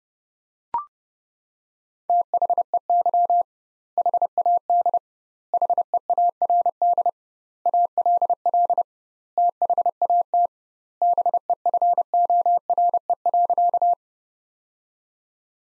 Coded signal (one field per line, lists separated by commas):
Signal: Morse code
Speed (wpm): 30 wpm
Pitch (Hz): 700 Hz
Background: none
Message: THEY HAD HEARD ALL THAT BEFORE.